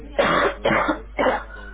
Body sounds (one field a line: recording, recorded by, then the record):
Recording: voluntary cough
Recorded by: telephone call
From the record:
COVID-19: positive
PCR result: checked with the laboratory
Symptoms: yes